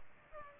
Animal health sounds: mosquito wingbeat signal from an infrared sensor; Aedes aegypti

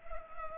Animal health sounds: mosquito wingbeat signal from an infrared sensor; Culex pipiens

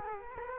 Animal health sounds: mosquito wingbeat signal from an infrared sensor; Culex quinquefasciatus

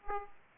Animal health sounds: mosquito wingbeat signal from an infrared sensor; Aedes aegypti

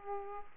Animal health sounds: mosquito wingbeat signal from an infrared sensor; Aedes aegypti

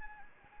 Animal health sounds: mosquito wingbeat signal from an infrared sensor; Anopheles arabiensis

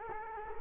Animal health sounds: mosquito wingbeat signal from an infrared sensor; Culex quinquefasciatus

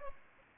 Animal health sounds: mosquito wingbeat signal from an infrared sensor; Aedes aegypti

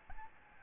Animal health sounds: mosquito wingbeat signal from an infrared sensor; Aedes albopictus

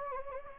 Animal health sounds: mosquito wingbeat signal from an infrared sensor; Anopheles gambiae

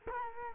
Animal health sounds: mosquito wingbeat signal from an infrared sensor; Culex quinquefasciatus

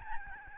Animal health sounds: mosquito wingbeat signal from an infrared sensor; Aedes albopictus

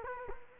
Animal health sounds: mosquito wingbeat signal from an infrared sensor; Culex quinquefasciatus

